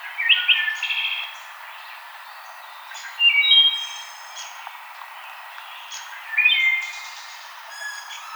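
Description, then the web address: Wood thrush song, three flutelike phrases about three seconds apart, each with higher ending notes, and the start of another at the end. Recorded 5 May 2007. "Wood Thrush 2007 05 05"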